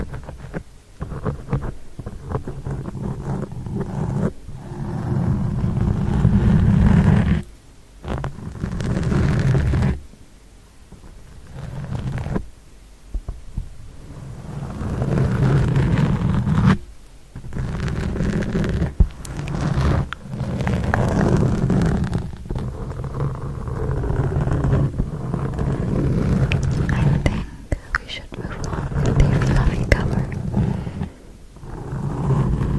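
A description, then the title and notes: Intense mic scratching with nails, sponge and forks, a dense rough rasping that surges and cuts out in brief gaps every few seconds. Intense Mic Scratching. Long nails, sponge, forks, ear to ear.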